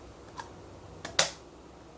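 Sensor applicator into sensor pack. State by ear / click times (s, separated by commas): seated / 1.2 s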